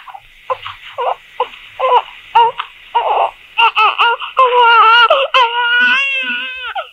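A baby cries with short, choppy sobs that build into long, wailing high-pitched cries, loud and insistent with no other voices.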